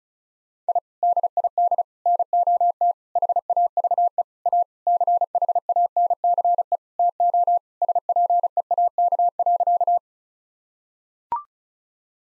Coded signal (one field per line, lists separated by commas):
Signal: Morse code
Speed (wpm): 36 wpm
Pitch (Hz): 700 Hz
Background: none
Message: I DID NOT HAVE A CHANCE TO SPEAK.